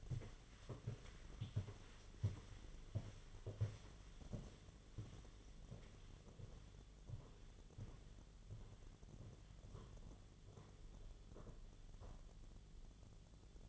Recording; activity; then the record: daily activity, microphone in the room; walk to room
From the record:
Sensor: 4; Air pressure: 1010.9 hPa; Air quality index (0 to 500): 162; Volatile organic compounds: 4 ppm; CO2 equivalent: 1656 ppm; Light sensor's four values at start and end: 42/119/48/50 and 43/122/49/51